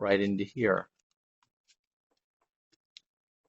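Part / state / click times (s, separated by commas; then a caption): fan wiring plug into lighting T-harness / seated / 3.0 s. Someone talks, then the second side of a plastic T-harness connector for Boosted Lighting Solutions engine compartment lights in a C8 Corvette is pushed onto the fan wiring connector. After a few faint ticks, a sharp click at 3.0 s shows the connector has seated in the harness.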